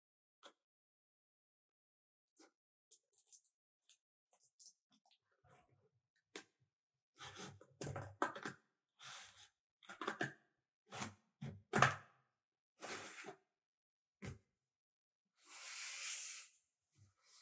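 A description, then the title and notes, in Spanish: Packages are opened with soft crinkles, taps and rustles arriving in short, scattered bursts separated by silence. Activity is sparse early on, grows busier from about seven to twelve seconds, then thins out. A longer bright, hissy swish sounds around sixteen seconds. ASMR Unboxing: Mis compras más sorprendentes de AliExpress. Los sonidos suaves y tranquilos de cada paquete siendo abierto.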